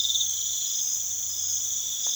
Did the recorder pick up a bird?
no